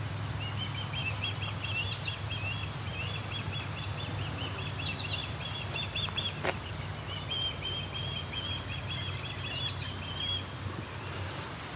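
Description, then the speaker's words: Osprey calling non-stop, long rapid series of short high whistled chirps, briefly pausing once, over a steady low background rumble. Two ospreys present, one standing over a nest, the other on a tall dead tree; calling non-stop, possibly a young bird; along the Grand River, Waterloo, Ontario. "This osprey is non-stop calling. This might be a young one."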